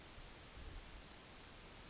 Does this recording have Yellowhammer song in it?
no